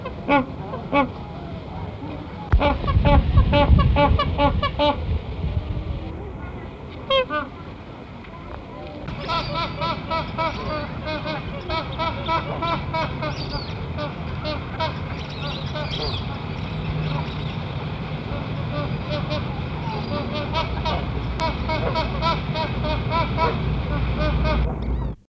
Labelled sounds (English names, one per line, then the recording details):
Magpie Goose call
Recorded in captivity
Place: Tierpark Hagenbeck, Hamburg, DE
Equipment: Halbspur, 9,5 cm/s
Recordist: Lütgens, Hans